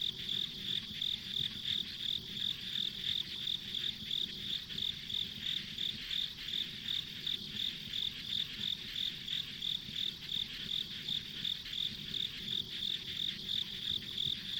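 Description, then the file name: Long stretch of insect chirping: bright high pulses about three a second, unbroken, over a constant shrill background drone and soft low noise. Ambient insect sounds on a rural country road. "田舎道の虫の環境音"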